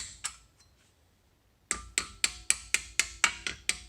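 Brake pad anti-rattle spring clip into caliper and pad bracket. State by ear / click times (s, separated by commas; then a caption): not seated / none. A steel anti-rattle spring clip for an Audi, VW, Saab, Opel or Vauxhall brake pad is tapped with a hammer and screwdriver into its final position on the brake caliper and pad bracket. A sharp metallic tap at about 0.2 s and a few faint ticks give way to silence, then a steady run of bright, ringing taps roughly every quarter second from 1.7 s to the end. Nothing has seated or clicked home yet.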